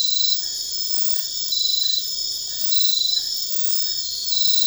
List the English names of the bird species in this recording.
none